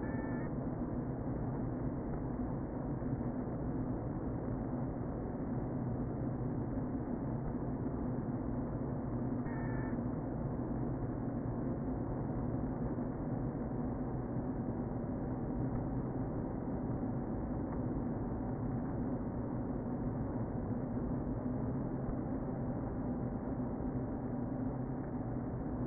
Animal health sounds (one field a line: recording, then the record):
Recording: honeybee colony, microphone inside the hive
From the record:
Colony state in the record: queen present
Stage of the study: before two queens were removed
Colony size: about 60,000 bees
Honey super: yes